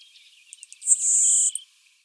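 Le Conte's sparrow song: a few soft high ticks, then a thin, hissing, insect-like buzz lasting about two-thirds of a second, ending with a short tick.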